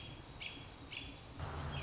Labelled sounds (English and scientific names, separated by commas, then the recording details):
American Robin (Turdus migratorius)
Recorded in Sonoma County, California